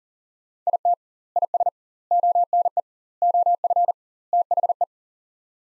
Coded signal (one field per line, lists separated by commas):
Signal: Morse code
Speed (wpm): 40 wpm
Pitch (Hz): 700 Hz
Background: none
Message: IT IS ONE OF THE